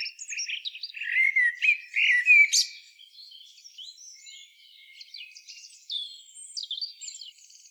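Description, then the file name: Common blackbird song: low fluty warbled phrases for about three seconds, then a quieter, thin, squeaky twittering ending that trails off. "Turdus merula"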